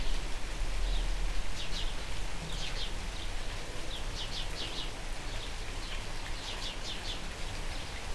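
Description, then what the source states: Birds chirping in quick bursts of bright high notes, closely spaced, while rain hisses steadily beneath. Birds calling during rain.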